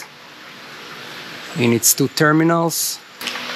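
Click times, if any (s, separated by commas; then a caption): none. An electric parking brake motor for a Peugeot 508 / Citroën C5 / C6 is handled at the actuator housing, where it will be pressed in until it snaps onto its two electrical terminals. Over a steady low hiss, someone talks briefly from about 1.5 to 3.0 s, followed by a short sharp knock at about 3.2 s. Nothing has seated or clicked yet.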